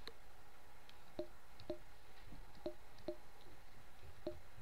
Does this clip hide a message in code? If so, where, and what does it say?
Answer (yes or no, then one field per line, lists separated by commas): no